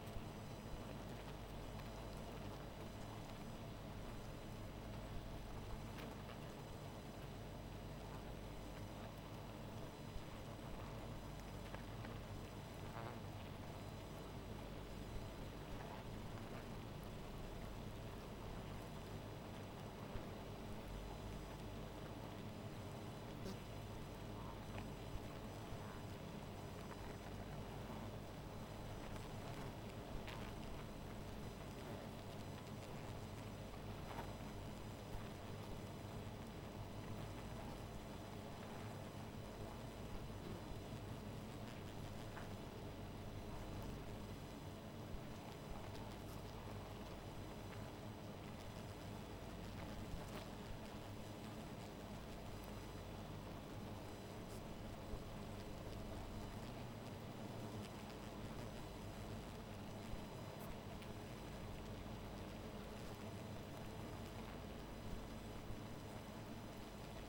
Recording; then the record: honeybee colony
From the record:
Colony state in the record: missing queen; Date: 14 July 2017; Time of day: 1:10